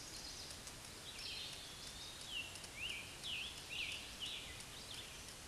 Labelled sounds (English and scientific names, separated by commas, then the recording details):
Scarlet Tanager (Piranga olivacea) song
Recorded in a Pennsylvania forest on 19 May 2023 at 13:58
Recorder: AudioMoth, point grid1_24_low
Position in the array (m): 206 m, 256 m